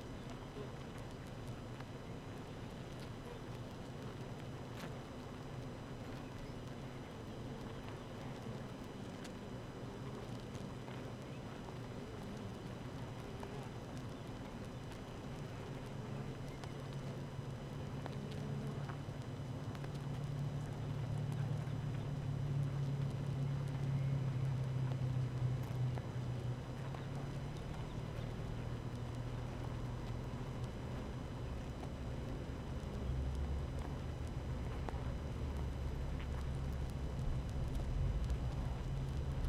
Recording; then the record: honeybee colony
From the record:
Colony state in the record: active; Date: 12 June 2018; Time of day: 7:28